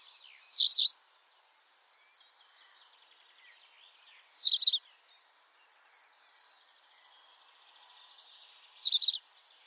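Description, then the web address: White wagtail calls: three sharp high chirps, roughly every four seconds. "cianscape birddata Deverinetal 2025"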